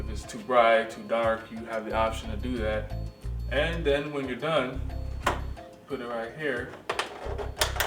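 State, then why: Seated. Someone talks while adjusting a desktop video magnifier (CCTV), then moves its movable reading table or arm back into its locked position. Several sharp mechanical knocks follow near the end, and the part latches at 7.6 s, locking in place.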